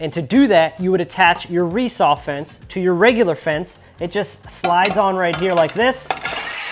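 Someone talks while a resaw fence attachment is slid onto the bandsaw's regular rip fence, with a brief broadband noise near the end of the clip. The fence has not locked in place yet, and nothing has seated or clicked.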